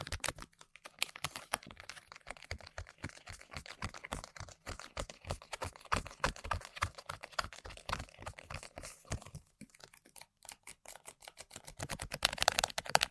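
Rapid tapping on random objects, a dense run of sharp clicks at an irregular, typing-like pace that continues almost without pause. The hits thin out briefly around ten seconds, then return and grow louder and brighter toward the end.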